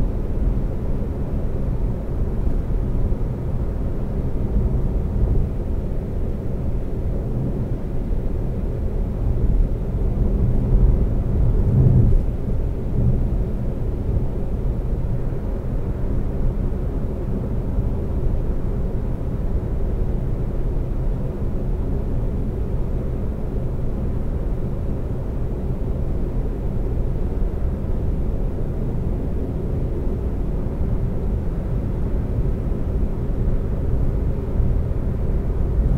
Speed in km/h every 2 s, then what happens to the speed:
121, 121, 121, 121, 121, 121, 121, 121, 121, 121, 121, 121, 121, 121, 121, 121, 121, 121.
0-36 steady at about 121.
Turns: none.